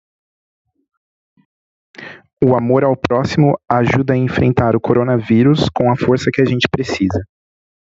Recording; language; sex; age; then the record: spoken sentence; Brazilian Portuguese; male; 20 to 29 years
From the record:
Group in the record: control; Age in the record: 27 years